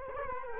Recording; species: mosquito wingbeat signal from an infrared sensor; Culex quinquefasciatus